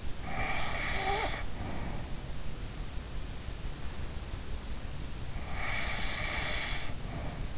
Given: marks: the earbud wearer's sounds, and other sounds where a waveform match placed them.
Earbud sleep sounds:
sounds in sleep by an in-ear microphone; snoring breath
0.13-2.09 s: snoring breath
5.38-7.58 s: snoring breath

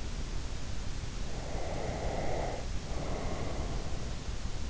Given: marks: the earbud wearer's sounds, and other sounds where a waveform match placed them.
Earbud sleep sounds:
sounds in sleep by an in-ear microphone; breath
1.50-3.66 s: breath

